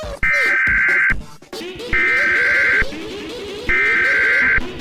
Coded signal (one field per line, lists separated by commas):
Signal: Emergency Alert System (SAME) tones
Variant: header bursts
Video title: Pillager Raid EAS